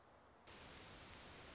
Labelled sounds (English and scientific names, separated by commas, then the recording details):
Orange-crowned Warbler (Leiothlypis celata)
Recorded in Sonoma County, California